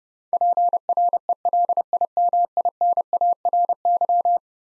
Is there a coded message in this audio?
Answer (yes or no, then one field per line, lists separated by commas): yes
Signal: Morse code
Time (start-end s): 0.3-4.4 s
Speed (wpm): 30 wpm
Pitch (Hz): 700 Hz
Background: none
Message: PRELIMINARY